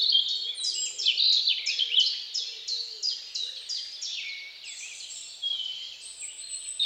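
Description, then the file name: Birds singing: a quick series of bright, falling high notes, followed by longer warbling phrases. At dawn. "Odgłosy-Natury-Świt-i-ptaki"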